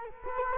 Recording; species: mosquito wingbeat signal from an infrared sensor; Culex quinquefasciatus